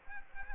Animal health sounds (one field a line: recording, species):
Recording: mosquito wingbeat signal from an infrared sensor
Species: Aedes aegypti